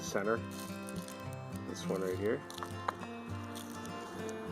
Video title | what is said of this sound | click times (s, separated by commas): 1952 Ford 8N farm tractor Hood Emblem Installation | So it just slides on over there and it actually locks in place, and that's what holds the new emblem on. | 2.9 s